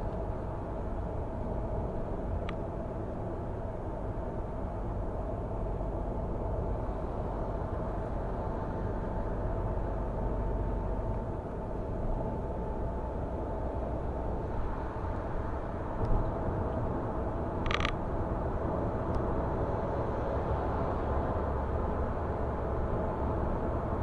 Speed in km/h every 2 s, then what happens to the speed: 89, 86, 84, 84, 84, 82, 83, 87, 91, 94, 97, 100.
0-12 steady at about 84. 12-24 speeds up to 100.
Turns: none.